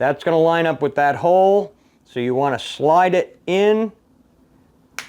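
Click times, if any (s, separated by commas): 5.0 s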